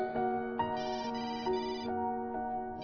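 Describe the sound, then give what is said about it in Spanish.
A mobile phone rings with a repeating electronic melody, bright sustained tones pulsing in a steady pattern several times over a low background hum, with no one speaking. “Se sorprendió cuando su celular sonó insistentemente.”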